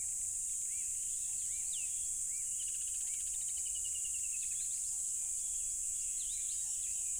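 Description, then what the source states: Crickets in a steady, shrill high chorus, with short looping bird whistles, a brief rattling trill and soft repeated low notes. Loud crickets at a tropical river.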